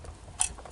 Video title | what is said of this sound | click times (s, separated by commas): 2015 Toyota Hilux 4wheel light flashing. 4Lo and 4H not engaging. Transfer case issues? | so you get that in there. Alright, and once you hear that snap, | 0.4 s